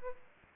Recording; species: mosquito wingbeat signal from an infrared sensor; Aedes aegypti